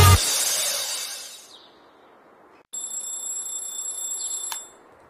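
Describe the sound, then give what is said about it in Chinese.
A bright metallic clang rings out and fades, then after a brief silence a shrill, high-pitched alarm clock bell rings steadily for about two seconds before stopping abruptly. No one speaks. “关上了闹钟，我伸一个懒腰”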